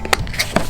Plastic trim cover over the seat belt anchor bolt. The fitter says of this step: now seat goes back same thing just close the cover but that's two clicks and